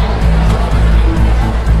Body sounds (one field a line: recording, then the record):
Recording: background sound without coughing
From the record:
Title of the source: Party Noise 1 Hour Party Ambience